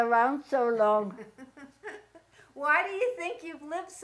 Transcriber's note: laughs